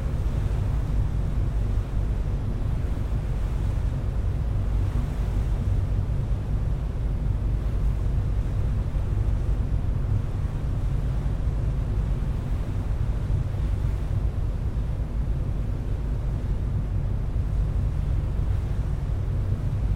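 A ferry's car deck at the bow, where a deep, steady rumble of engines blends with the rush of water washing past the hull. The sound is dense and unbroken for the whole stretch, heavy in the low end, with wind buffeting the microphone and a faint hiss above.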